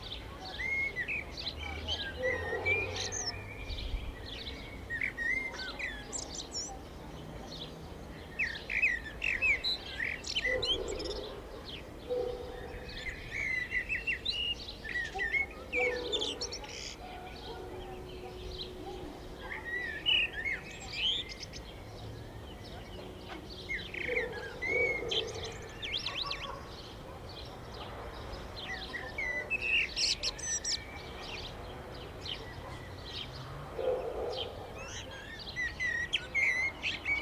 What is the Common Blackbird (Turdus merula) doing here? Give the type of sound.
song